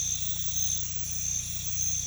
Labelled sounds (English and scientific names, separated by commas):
none